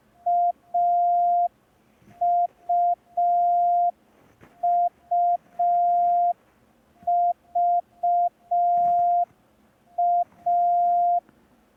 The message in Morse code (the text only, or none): AUUVA